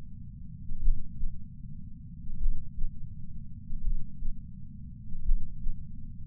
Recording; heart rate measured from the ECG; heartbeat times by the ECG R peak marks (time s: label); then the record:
heart sounds by patch sensor on the chest; 41 bpm
0.79 s: heartbeat
2.38 s: heartbeat
3.81 s: heartbeat
5.22 s: heartbeat
From the record:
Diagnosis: coronary artery disease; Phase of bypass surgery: preoperative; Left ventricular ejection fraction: 64.4%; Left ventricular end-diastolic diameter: 51 mm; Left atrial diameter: 41 mm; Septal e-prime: 7.3 cm/s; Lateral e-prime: 10.3 cm/s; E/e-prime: 10.1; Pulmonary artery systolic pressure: 25 mmHg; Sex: male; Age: 59 years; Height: 168 cm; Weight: 81 kg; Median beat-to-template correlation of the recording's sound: 0.86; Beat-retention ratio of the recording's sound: 0.96